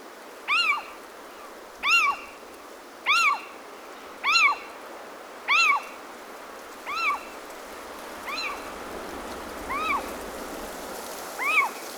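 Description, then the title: Owl giving a series of nine short arched notes about once every 1.2 seconds, strong at first, then fading, with a final louder note. Recorded on the path to La Yesera, Ricote, Región de Murcia, Spain. "Ricote, Región de Murcia, España - Owl on the Path to La Yesera. by Carlos Suárez"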